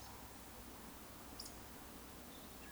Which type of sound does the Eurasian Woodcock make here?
whistle